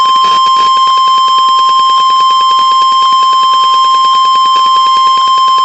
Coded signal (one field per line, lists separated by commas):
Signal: Emergency Alert System (SAME) tones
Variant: 1050 Hz attention tone